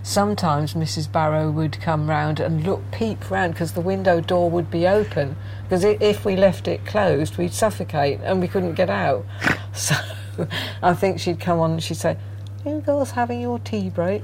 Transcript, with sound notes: Sometimes Mrs Barrow would come round and look, peep round ‘cos the window door would be open ‘cos if we left it closed, we’d suffocate and we couldn’t get out (laughs) so I think she’d come on and she’d say, “Are you girls having your tea break?”